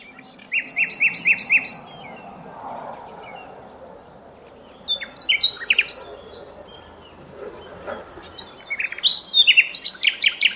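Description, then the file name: Common nightingale song with three phrases: a run of rapid repeated notes, then a varied burst of sharp whistles and clicks, and finally a loud, fast, choppy trill. "Luscinia megarhynchos"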